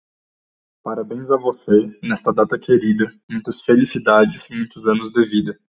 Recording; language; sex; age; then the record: short text; Brazilian Portuguese; male; 20 to 29 years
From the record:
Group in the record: control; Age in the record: 21 years